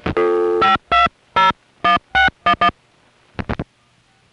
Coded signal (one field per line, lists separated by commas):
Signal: DTMF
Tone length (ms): 140 ms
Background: music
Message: 5201611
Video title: Southern California Phone Tapes 1: #5 Crossbar in Van Nuys, Summer 1974